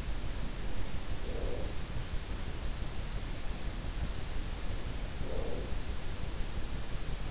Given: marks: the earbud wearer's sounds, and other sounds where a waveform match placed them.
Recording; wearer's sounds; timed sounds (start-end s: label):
sounds in sleep by an in-ear microphone; breath
1.00-2.09 s: breath
4.92-6.12 s: breath